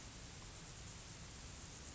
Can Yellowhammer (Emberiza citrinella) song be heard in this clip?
no